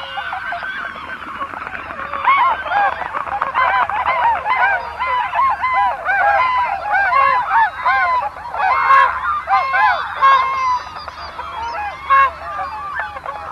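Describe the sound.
Bewick's swans in a flock, many overlapping yelping, honking calls babbling continuously with rising and falling notes, some louder bursts standing out from the chorus.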